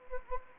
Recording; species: mosquito wingbeat signal from an infrared sensor; Anopheles gambiae